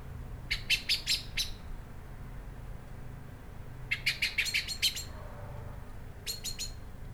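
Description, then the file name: Common blackbird giving three bursts of rapid, hard chinking clicks over a low background rumble. "Turdus merula"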